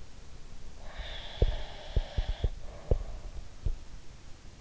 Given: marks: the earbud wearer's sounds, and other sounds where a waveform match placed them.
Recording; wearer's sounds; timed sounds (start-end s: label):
sounds in sleep by an in-ear microphone; breath
0.75-3.52 s: breath
1.36-3.76 s: sound from someone else or the room